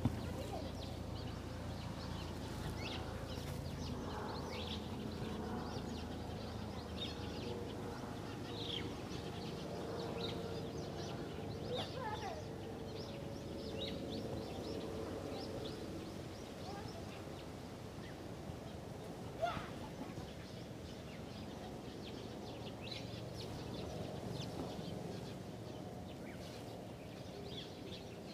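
Many birds of different kinds gather in a large tree in a park, their chirps and calls overlapping in a busy, steady chatter. A low murmur runs underneath throughout, with a sharper call standing out near twenty seconds.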